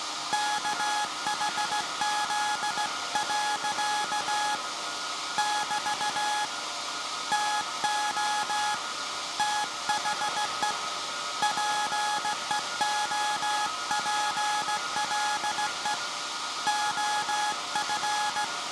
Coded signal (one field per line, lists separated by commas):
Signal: Morse code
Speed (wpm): 16 wpm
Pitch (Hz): 840 Hz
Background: none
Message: KHZ. <BT> TO THE PEOPLE OF